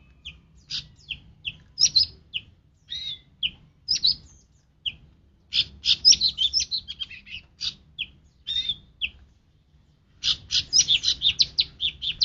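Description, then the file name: Cucak rante song in scattered bursts of sharp high chirps and short twittering phrases, pausing between runs, with a soft low rumble underneath. "cucak rante mas"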